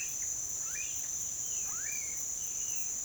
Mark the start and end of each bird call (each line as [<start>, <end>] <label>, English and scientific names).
[0.00, 2.21] Smooth-billed Ani (Crotophaga ani)
[1.42, 3.05] Violaceous Jay (Cyanocorax violaceus)